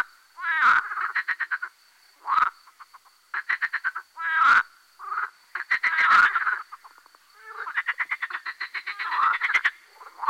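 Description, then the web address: Marsh frog croaking in repeated bursts of rapid rattling pulses, separated by short pauses. "Fotoim Hangok Pelophylax ridibundus"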